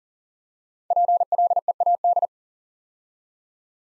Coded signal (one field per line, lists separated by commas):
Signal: Morse code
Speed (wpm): 38 wpm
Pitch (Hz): 700 Hz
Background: none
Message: PLEAD